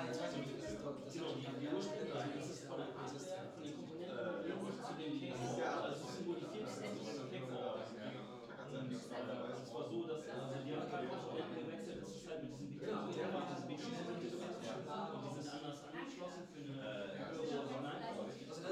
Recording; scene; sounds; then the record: everyday scene through a hearing-aid microphone; many people talking; many voices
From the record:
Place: bistro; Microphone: in the ear canal, left